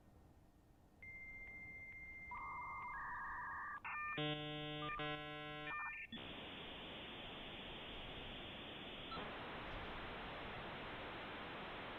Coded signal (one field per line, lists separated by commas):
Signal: dial-up modem handshake